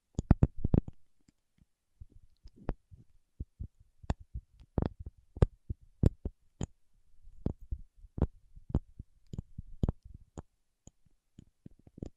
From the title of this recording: Paraffin Wax Peeling, Tapping and Scratching